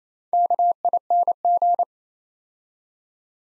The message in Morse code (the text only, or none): KING